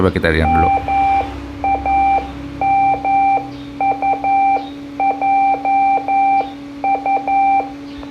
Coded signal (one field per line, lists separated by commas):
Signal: Morse code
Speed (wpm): 11 wpm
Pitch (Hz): 790 Hz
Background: speech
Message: MAMUJU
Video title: Beacon ARDF, Antenna ARDF, Fox Hunting